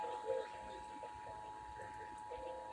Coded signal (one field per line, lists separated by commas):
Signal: Emergency Alert System (SAME) tones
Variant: 853 and 960 Hz attention tone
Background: speech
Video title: KQPS IS NOW KMEE AND A NEW RMT! EAS Tests from July 2023